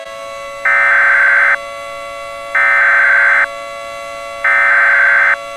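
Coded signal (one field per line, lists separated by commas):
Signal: Emergency Alert System (SAME) tones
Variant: header bursts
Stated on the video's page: Mock, fictional EAS alert scenario set in the upper Midwest.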